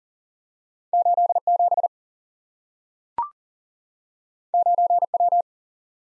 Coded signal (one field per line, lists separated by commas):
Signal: Morse code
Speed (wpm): 40 wpm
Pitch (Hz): 700 Hz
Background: none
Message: 8 7 9 W